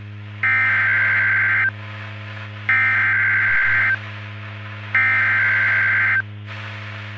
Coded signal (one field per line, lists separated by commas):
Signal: Emergency Alert System (SAME) tones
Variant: header bursts